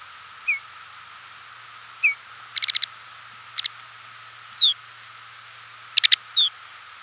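Lapland longspur calls mixing clear downslurred whistled notes with brief dry rattles of quick ticking notes, scattered irregularly throughout.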